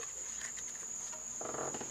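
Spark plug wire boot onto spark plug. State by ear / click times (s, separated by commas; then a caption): not seated / none. The fourth brand-new spark plug wire boot is being handled onto its spark plug on a 1999 Toyota Camry. A steady high-pitched whine around 7 kHz runs throughout, with light rustling handling noise that grows louder from about 1.4 s. Nothing has seated or clicked yet.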